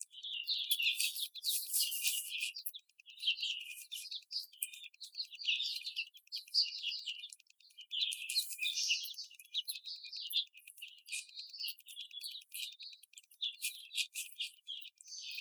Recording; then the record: young laying hens in a cage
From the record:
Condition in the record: after the stressor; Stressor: simulated dog barking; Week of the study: 4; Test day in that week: 2